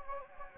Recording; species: mosquito wingbeat signal from an infrared sensor; Anopheles gambiae